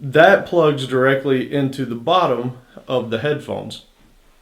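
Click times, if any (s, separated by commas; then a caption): none. Someone talks while the plastic plug of a detachable audio cable is handled near the socket on the bottom of the earcup of Bose QuietComfort 15 headphones. Nothing has seated or clicked yet.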